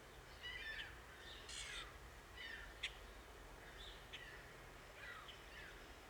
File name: Ring billed Gull Larus delawarensis